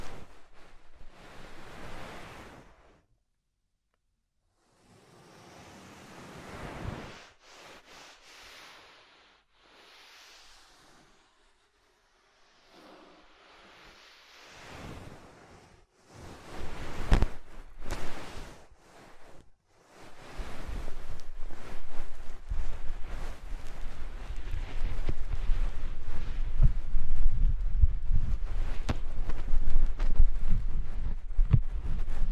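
Soft, fluffy triggers rubbed over the microphone, starting as short hissing swishes separated by quiet gaps. Around 16 seconds the strokes grow louder, and from 20 seconds they become a continuous dense rustle with a heavy low rumble, like wind buffeting the mic.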